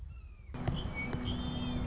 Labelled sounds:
Red-shouldered Hawk
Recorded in Sonoma County, California

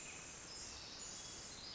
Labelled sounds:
Pacific Wren
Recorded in Sonoma County, California

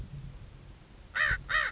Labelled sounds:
American Crow
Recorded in Sonoma County, California

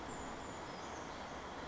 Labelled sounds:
Brown Creeper
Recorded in Sonoma County, California

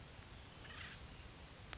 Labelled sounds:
Acorn Woodpecker
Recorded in Sonoma County, California

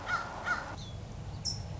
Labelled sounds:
Song Sparrow
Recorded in Sonoma County, California

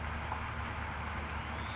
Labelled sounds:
California Towhee
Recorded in Sonoma County, California

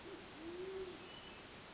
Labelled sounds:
Band-tailed Pigeon
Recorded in Sonoma County, California

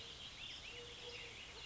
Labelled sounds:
Eurasian Collared Dove
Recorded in Sonoma County, California

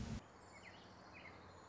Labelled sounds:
Orange-crowned Warbler
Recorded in Sonoma County, California

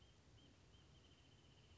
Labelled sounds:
Wrentit
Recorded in Sonoma County, California

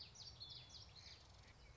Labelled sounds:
Common Yellowthroat
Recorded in Sonoma County, California

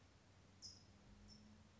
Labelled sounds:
California Towhee
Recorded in Sonoma County, California

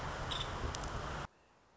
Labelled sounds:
Nuttall's Woodpecker
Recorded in Sonoma County, California

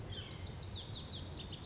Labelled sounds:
Lazuli Bunting
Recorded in Sonoma County, California

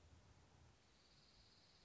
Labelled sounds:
Dark-eyed Junco
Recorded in Sonoma County, California

